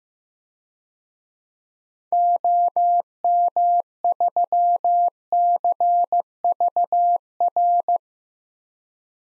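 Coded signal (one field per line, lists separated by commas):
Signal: Morse code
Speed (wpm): 15 wpm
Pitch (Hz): 700 Hz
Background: none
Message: OM3CVR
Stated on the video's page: Generated Morse at 15wpm of six-character DXCC call signs for head-copy practice, each sent, spoken, then sent again.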